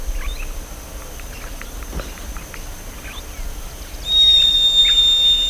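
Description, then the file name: Bird calls, short thin chirps scattered through the first half, then a steady high whistling tone begins and holds to the end. "SABIOD 50 bird 2015"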